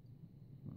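A folding titanium pot-support arm on a BRS Titanium canister stove is handled and pushed toward the small notch in the stove body where it locks. Only low, rumbling handling noise is heard, swelling slightly around 0.2 s and again from about 0.6 s to the end. Nothing has seated or clicked yet.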